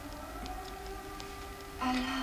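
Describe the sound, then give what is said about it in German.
An air raid siren sounds an alarm at 22:30: a steady, droning wail holds a sustained tone throughout, swelling louder and brighter near the end as the pitch rises, with no voices over it. “Alarm. 22.30 Uhr, keine Sorge, das gilt nicht uns.”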